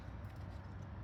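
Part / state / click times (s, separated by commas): brake pad retaining spring into front brake caliper / not seated / none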